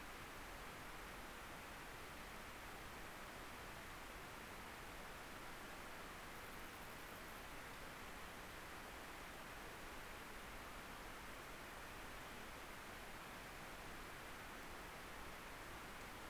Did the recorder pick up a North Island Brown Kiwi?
no